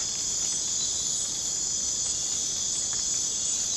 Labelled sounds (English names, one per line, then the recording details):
none
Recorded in dense forest near Puerto Asís, Putumayo, Colombia, on 25 June 2025 at 01:00
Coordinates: 0.486, -76.317
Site G065